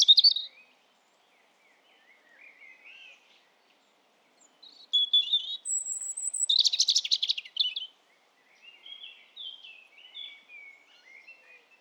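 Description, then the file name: European robin singing high, thin warbles, a steady whistled note, then a dense jangling burst, followed by soft twittering notes. "Erithacus rubecula"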